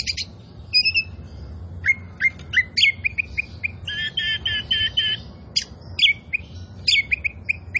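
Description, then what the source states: Oriental magpie-robin song of clear whistles and rapidly repeated rattling notes, delivered in lively bursts over a steady low hum. Indonesian "kacer poci" form of the Oriental magpie-robin, described as "gacor", meaning singing vigorously and continuously.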